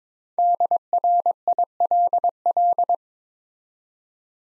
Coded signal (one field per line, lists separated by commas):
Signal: Morse code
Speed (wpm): 22 wpm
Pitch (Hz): 700 Hz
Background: none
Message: DRILL